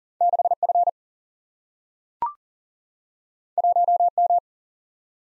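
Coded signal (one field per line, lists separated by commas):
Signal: Morse code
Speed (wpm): 40 wpm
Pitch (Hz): 700 Hz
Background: none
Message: 6 F 1 M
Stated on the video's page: Computer-sent head-copy drill of random two-character letter and number groups at 40 wpm, each group sent, spoken, then sent again.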